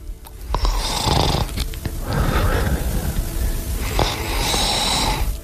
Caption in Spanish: El ronquido de un hombre cuya voz habéis escuchado durante muchos años. Cuando él está solo en su casa por la noche, su pareja. Con 4 premios Ondas su pareja escucha esto.